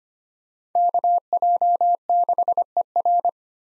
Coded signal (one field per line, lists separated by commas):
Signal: Morse code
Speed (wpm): 25 wpm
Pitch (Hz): 700 Hz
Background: none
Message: KJ6ER